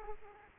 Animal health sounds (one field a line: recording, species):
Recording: mosquito wingbeat signal from an infrared sensor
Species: Aedes aegypti